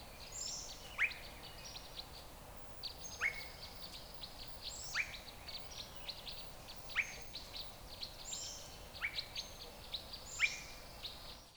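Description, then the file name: Swainson's thrush giving short, sharply rising whit notes about every two seconds, with thin high chips and trills from other birds above. "swth whit"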